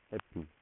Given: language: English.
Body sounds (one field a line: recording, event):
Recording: throat vibration sensor signal played as sound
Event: speech